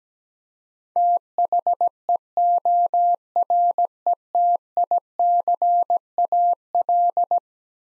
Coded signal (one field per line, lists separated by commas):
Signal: Morse code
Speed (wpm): 17 wpm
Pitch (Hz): 700 Hz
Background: none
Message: THEORETICAL